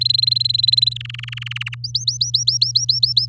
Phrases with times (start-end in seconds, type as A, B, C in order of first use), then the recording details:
0.01-0.94 A, 0.96-1.75 B, 1.84-3.26 C. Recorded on 8 May 2018 at 05:52. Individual llb16